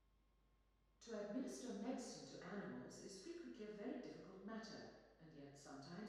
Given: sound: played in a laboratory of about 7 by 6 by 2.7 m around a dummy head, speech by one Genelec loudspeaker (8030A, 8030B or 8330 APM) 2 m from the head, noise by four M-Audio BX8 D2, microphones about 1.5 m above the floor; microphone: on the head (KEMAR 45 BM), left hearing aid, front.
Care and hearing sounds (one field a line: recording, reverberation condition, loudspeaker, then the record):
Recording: female speech in English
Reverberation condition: high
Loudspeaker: 150 degrees to the right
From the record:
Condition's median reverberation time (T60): about 1300 ms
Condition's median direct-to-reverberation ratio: about -4.0 dB